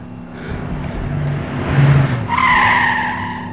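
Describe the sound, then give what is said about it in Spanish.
A large vehicle's engine rumbles low and steady, then loud, high-pitched brake squeals ring out over the last second as a bus brakes to a stop. “Pero el conductor del autobús sí tiene un guión que le dice que debe parar cada ciertos metros. Oye, tío, ha parado.”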